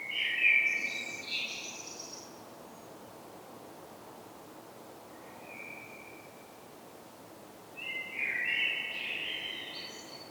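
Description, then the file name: Common blackbird song: a flute-like phrase with a scratchy high ending, a brief soft whistle midway, then another warbling phrase with squeaky flourishes. "Turdus merula"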